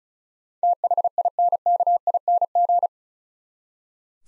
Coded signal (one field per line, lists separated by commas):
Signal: Morse code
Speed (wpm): 34 wpm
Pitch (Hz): 700 Hz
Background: none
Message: THINKING